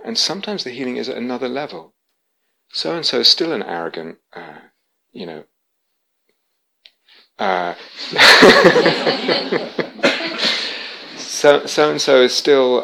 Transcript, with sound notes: And sometimes the healing is at another level. So-and-so's still an arrogant, you know... [laughter] So-and-so's still